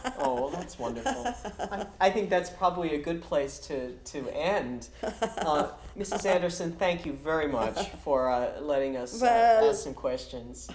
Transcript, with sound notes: Oh, that's wonderful. I think that probably a good place to, to end. (she laughs) Mrs. Andersen, thank you very much for letting pose some questions.